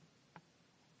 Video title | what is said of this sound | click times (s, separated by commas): Replace Keyboard Key Lenovo IdeaPad U310 - Fix Laptop Installation Repair | hold it in place and apply pressure to the lower tab. Snaps right into place. | 0.4 s